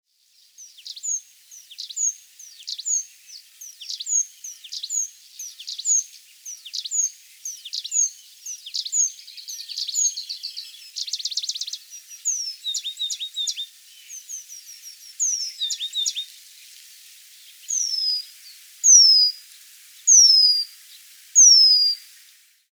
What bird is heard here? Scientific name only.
Remiz pendulinus